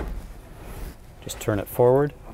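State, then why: Not seated. A Winnebago Solis motorhome cab seat on its swivel base is turned forward toward its travel position, with faint low handling noise and someone talking. Nothing has latched or clicked into place yet.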